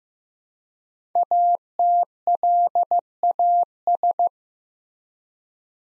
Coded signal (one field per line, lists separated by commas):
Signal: Morse code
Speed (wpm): 15 wpm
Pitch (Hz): 700 Hz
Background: none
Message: ATLAS